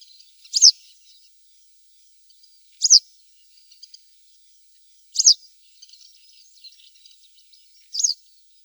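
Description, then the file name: Black-headed wagtail giving sharp, high buzzy call notes, one roughly every two and a half seconds, four in all, with faint thin twittering between them. "Trjasoguzka chernogolovaja"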